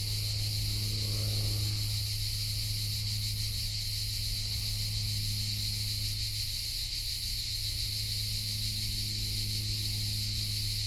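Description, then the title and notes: Crickets sing in a constant high chorus mixed with cicada buzzing, the upper tones gently pulsing over a low drone. Hundreds of crickets and cicadas in a pine grove in Collserola, morning, over 30 °C heat, binaural recording. "Grills Collserola. Esta mañana he hecho una parada en una pineda de Collserola a más de 30 grados. Asociamos el calor a los grillos y las cigarras y en esta grabación binaural se escuchan a cientos"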